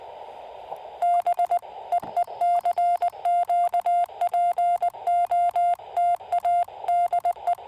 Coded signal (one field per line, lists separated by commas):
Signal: Morse code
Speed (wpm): 19 wpm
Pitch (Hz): 700 Hz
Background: radio noise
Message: B EE CQ POTA DE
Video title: Pairing the FT-818 and the SpoolTenna For Some QRP POTA Fun!